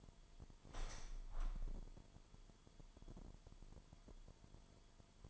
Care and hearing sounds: daily activity, microphone in the room; open window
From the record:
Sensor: 5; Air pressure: 998.0 hPa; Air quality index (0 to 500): 98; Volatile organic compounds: 2 ppm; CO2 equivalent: 1121 ppm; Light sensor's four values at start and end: 27/64/27/29 and 27/64/27/29

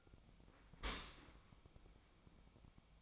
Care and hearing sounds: daily activity, microphone in the room; open dishwasher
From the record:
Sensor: 1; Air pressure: 1003.1 hPa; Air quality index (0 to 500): 196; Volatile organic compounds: 6 ppm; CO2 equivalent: 1877 ppm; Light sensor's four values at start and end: 18/44/18/22 and 18/43/18/21

